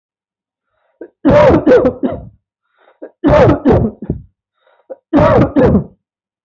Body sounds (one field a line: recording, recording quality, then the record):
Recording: heavy voluntary cough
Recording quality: excellent, no background noise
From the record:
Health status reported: healthy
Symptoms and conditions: none ticked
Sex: male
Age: 30 years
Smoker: not ticked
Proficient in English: yes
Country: India